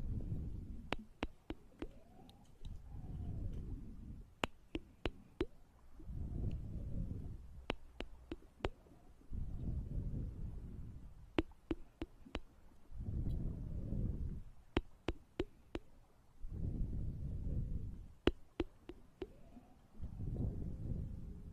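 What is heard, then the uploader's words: Ear eating and ear massage sounds: soft, muffled rubbing swells in low, dull bursts every couple of seconds, with short pauses between. Sharp wet clicks and smacks cut through in quick clusters, several per second during each burst. Maid Ear Eating & Ear Massage.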